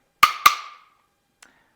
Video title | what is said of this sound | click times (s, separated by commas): 2018-2022+ HYUNDAI KONA 5-dr SUV with Flush Rails - Thule's Best Roof Rack | full tension here, and you'll hear it click. | 0.2 s, 0.5 s